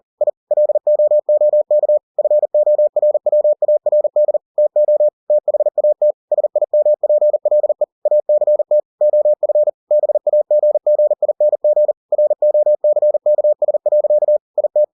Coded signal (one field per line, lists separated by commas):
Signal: Morse code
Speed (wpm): 40 wpm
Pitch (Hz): 600 Hz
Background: none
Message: I LOOK FORWARD TO THAT SIMPLE ACT OF BAGGING ROCKS. IT